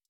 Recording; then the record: hydrophone in a shrimp aquaculture tank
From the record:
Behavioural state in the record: stressed